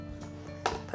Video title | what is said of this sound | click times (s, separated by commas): Make a Salad with the Chef'n Pull'n Slice Mandoline - Williams-Sonoma | here click it into place | 0.7 s